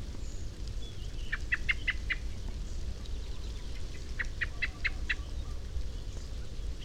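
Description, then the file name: Common blackbird calls: two short bursts of four or five sharp chinking notes, evenly spaced, separated by a pause, with steady low background hum. "Turdus merula"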